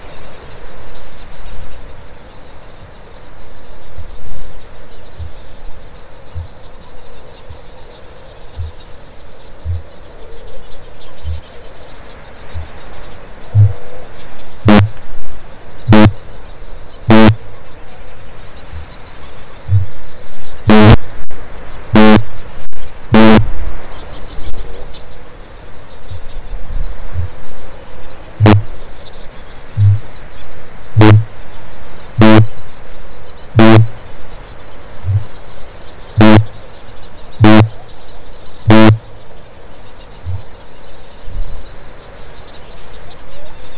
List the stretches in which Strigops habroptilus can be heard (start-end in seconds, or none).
3.68-7.69, 8.21-11.74, 12.23-12.71, 13.45-17.62, 18.62-18.95, 19.55-23.75, 25.83-27.58, 28.25-39.10, 40.06-40.73